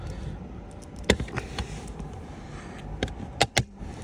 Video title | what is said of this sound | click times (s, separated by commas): Audi C7 Boot Carpet Handle Replacement Tutorial - E&A Car Reviews | there you go should hear clicks | 1.1 s, 3.4 s, 3.6 s